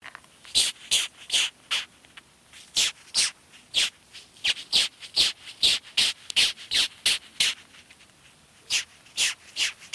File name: Polyphylla fullo stridulation